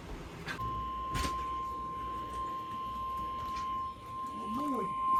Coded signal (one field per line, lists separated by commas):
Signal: Emergency Alert System (SAME) tones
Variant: 1050 Hz attention tone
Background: speech